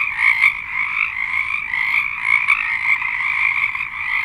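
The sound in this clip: Frog chorus, many frogs calling together in dense overlapping trills and peeps, a continuous high buzzing wall of sound.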